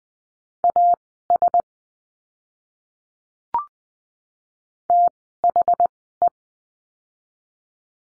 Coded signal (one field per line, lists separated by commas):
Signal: Morse code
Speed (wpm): 20 wpm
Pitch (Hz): 700 Hz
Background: none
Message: AS THE